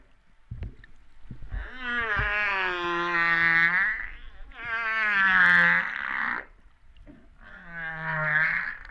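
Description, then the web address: Humpback whale song: three drawn-out harmonic moans with steady, slightly wavering overtones, separated by short pauses. Recorded off Réunion on 13 September 2011, about 08:35. "autres sons cetaces BB Reunion 13-09-2011"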